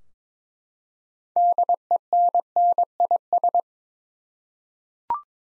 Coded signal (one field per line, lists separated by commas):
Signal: Morse code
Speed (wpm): 22 wpm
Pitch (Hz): 700 Hz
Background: none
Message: DENNIS